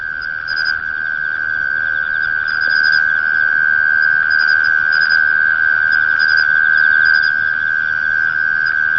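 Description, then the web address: Mole cricket song, a steady, unbroken buzzing trill held at one pitch throughout, with faint higher chirping notes flickering above it. "sikioto insect kera"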